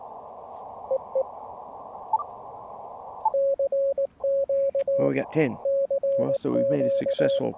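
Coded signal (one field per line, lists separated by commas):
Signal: Morse code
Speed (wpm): 19 wpm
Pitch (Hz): 550 Hz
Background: speech, radio noise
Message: EE CQ CQ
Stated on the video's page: CW during a Parks on the Air QRP portable activation, with an end-fed half-wave antenna.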